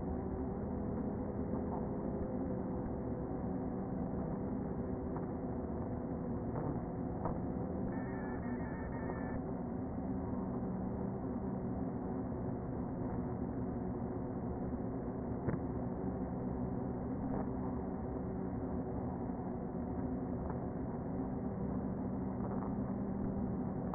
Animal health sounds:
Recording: honeybee colony, microphone inside the hive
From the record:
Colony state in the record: queen present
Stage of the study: before two queens were removed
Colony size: about 60,000 bees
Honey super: yes

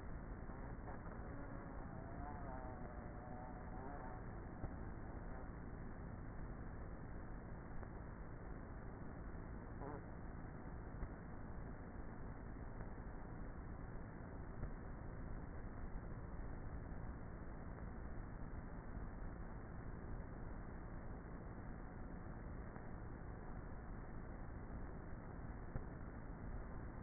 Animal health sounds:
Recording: honeybee colony, microphone inside the hive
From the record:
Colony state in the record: queenless with a low population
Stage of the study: before two queens were removed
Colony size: about 30,000 bees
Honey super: no

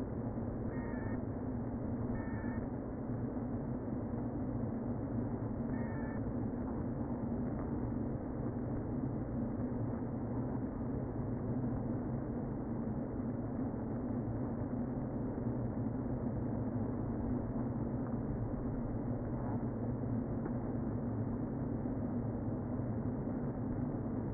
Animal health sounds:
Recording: honeybee colony, microphone inside the hive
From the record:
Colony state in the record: queen present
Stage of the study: before two queens were removed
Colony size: about 60,000 bees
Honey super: yes

